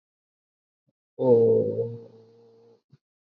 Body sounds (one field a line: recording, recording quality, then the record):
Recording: sustained vowel as in boot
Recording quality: excellent, no background noise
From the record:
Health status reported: healthy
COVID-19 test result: not tested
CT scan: not taken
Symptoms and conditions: none ticked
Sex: male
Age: 26 years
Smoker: no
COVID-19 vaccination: both doses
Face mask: worn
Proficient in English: yes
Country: India